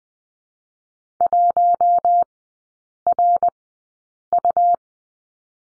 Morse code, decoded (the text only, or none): 1RU